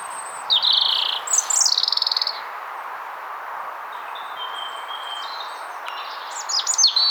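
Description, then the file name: European robin song: a burst of high trilled notes and a descending sweeping phrase, a quiet gap, then faint high thin notes and another brief trill near the end. "Erithacus rubecula"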